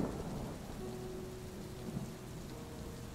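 Steady, dense rain hisses throughout while low thunder rumbles underneath, with a faint sustained tone running through the middle of the storm. No voices are heard.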